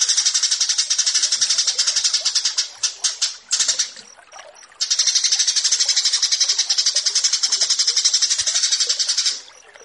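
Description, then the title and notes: Australasian bushlark song, long high rapid trills separated by a short pause with a few clipped notes between them. Masteran (song tutor) track, branjangan versus burger. "Branjangan VS BURGER Masteran. burung BRANJANGAN"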